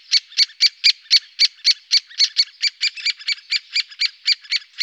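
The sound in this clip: Great spotted woodpecker calls, a brisk run of sharp, clicking 'kik' notes repeated almost four times a second, evenly spaced and loud throughout.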